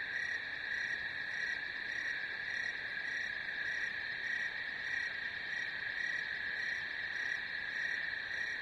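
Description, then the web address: Crickets chirping in a steady, continuous chorus of high, thin trilling tones with faint regular pulsing on top, unbroken throughout. "сверчки"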